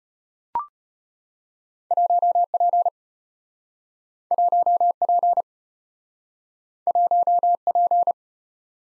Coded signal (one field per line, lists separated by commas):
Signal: Morse code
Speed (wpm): 34 wpm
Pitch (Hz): 700 Hz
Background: none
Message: 1P 1P 1P